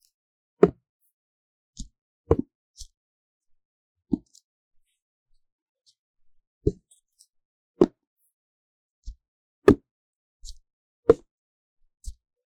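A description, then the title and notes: Paper cup sounds come as short, separate taps and crinkles, about one every second or so, with near-silence between them. Each hit is brief and dull, some with a faint crisp edge on top. The pacing is uneven, and nothing plays underneath. 紙杯觸發 | Paper Cup triggers | NoTalking.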